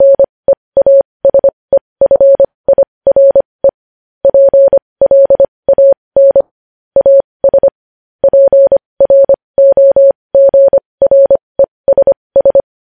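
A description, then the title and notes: Morse code sounds as a single steady mid-pitched tone, keyed on and off in quick dots and longer dashes. The beeps come in clustered groups separated by short silences, running continuously for the whole length with no other sounds behind them. Morse code.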